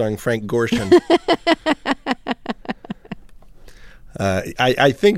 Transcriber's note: soundbite of laughter